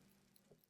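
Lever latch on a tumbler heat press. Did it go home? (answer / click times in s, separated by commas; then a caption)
no / none. The lever latch on a Go2Craft tumbler heat press is pushed down and over, but it is too tight and will not go all the way down to hook into place, so the pressure knob is loosened before trying again. Only a faint low hum is heard, with a few small ticks near 0.4, 0.6 and 0.7 seconds. Nothing has latched or clicked into place yet.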